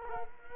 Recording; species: mosquito wingbeat signal from an infrared sensor; Culex quinquefasciatus